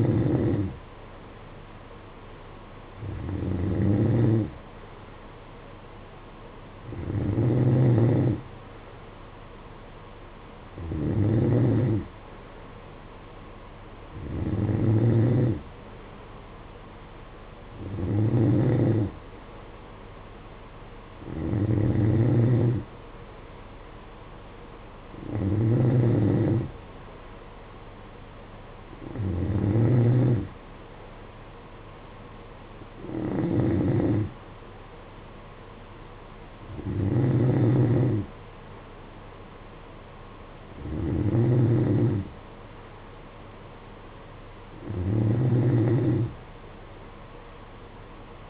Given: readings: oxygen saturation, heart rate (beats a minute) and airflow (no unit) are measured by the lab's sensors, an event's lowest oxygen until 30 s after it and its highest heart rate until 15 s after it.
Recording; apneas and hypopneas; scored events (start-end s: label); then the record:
breathing in sleep by a voice recorder at the bedside; none
none scored
From the record:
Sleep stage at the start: N2 (light sleep); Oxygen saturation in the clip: 92%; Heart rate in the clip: 54 to 60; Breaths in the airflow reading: 13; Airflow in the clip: -8.0 to 5.8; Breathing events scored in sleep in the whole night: 476 in 9.7 hours asleep